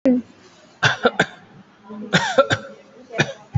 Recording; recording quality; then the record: shallow voluntary cough; excellent, no background noise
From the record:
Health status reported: COVID-19 positive, mild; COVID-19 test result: positive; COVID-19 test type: RT-PCR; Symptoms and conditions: fever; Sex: male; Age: 52 years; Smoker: no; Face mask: worn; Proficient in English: yes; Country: India